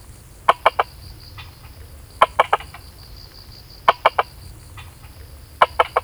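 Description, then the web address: Frog calls as short, sharp clicking notes in tight groups of three, the triplets repeated roughly every one and a half to two seconds, over a steady high insect-like hum. "Frogs World"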